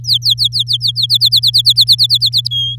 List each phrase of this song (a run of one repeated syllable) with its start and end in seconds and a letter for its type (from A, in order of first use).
0.00-1.06 A, 1.09-2.48 B, 2.50-2.76 C